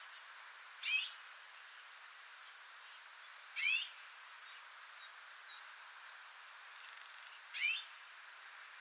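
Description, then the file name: Eurasian blue tit: a quick rising note followed by a fast run of high, thin descending notes, heard twice, with scattered faint notes between. "Cyanistes caeruleus"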